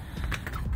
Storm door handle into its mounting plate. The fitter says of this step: don't know if you can see that it locks into place